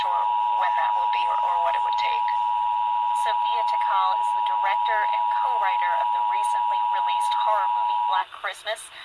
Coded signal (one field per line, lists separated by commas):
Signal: Emergency Alert System (SAME) tones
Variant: 853 and 960 Hz attention tone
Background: speech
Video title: Emergency Alert System EAS Required Monthly Test Minnesota WCCO-AM and KNOW-FM Minneapolis, MN